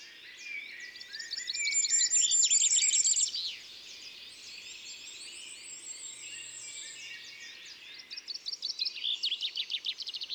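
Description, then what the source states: Common firecrest song: thin, very high notes in several bursts, loudest near the start and again towards the end. Recorded in Isère, France.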